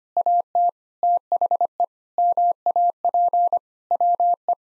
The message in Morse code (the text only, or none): AT THE MAP WE